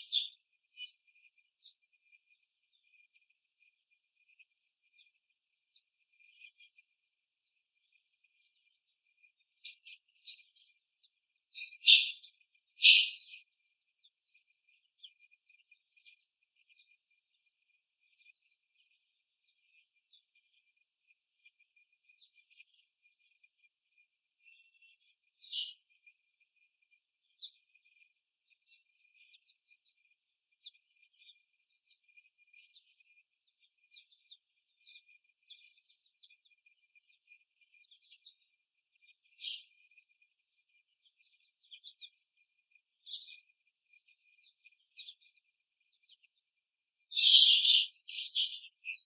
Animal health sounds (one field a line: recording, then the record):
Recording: young laying hens in a cage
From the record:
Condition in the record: after the stressor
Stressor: simulated dog barking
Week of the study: 1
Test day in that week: 1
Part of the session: 1